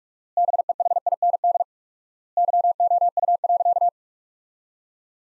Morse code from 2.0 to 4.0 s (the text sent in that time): YOU.